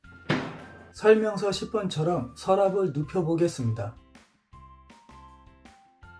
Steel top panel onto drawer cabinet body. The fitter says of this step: 왔죠 조립을 한 후 딸깍 소리가 날때까지 상판을 밀어주세요